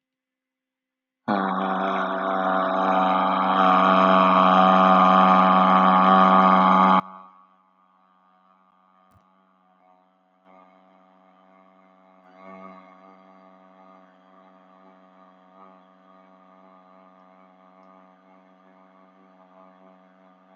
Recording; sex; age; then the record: vowel held as long as possible; male; 20 to 29 years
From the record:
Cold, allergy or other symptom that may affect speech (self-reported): no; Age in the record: 24 years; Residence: Indiana, United States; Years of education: 16